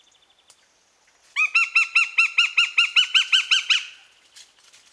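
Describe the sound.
Eurasian goshawk chattering: a loud, quick, even series of many sharp nasal notes.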